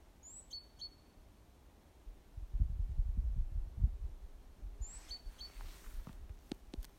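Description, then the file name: Great tit calls: two brief bursts, each a short high slurred note followed by two clipped lower notes, about five seconds apart, over low rumbling and thumping noise. "Parus major"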